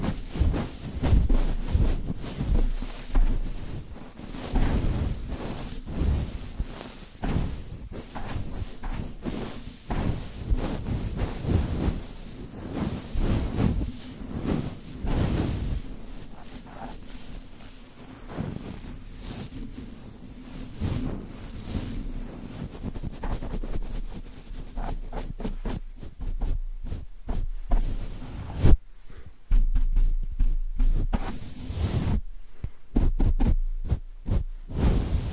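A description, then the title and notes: Brushing strokes sweep across a microphone in a steady, fast rhythm, each stroke a soft scratchy swish over a low constant hum. After about twenty-five seconds the strokes turn sharper and more separated, with brief silent gaps between bursts. ASMR Rhythmic Mic Brushing (No Talking).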